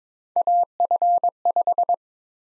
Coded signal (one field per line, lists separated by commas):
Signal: Morse code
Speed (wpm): 22 wpm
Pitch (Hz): 700 Hz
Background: none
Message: AF5